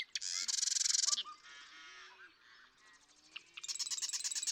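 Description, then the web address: Marsh Wren song: a fast rattling trill, a quieter pause with faint background sounds, then a second mechanical rattle. "birdsongforthecurious Marsh Wren"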